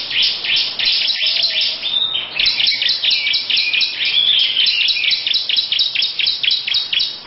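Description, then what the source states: Lovebird in a long ngekek song: fast, shrill chirps run together into a rattling trill that surges and dips in loudness. Long "ngekek panjang" song.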